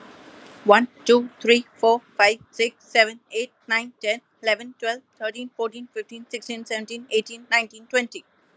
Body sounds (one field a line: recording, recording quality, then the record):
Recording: counting at a fast pace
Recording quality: excellent, no background noise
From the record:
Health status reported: healthy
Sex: female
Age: 28 years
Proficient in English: yes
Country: India